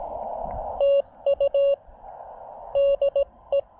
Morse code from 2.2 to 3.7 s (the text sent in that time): DE